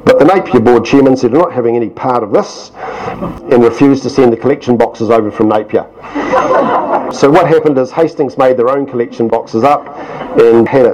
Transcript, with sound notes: But the Napier Board chairman said “we’re not having any part of this”, and refused to send the collection boxes over from Napier. [Laughter] So what happened is Hastings made their own collection boxes up, and had it.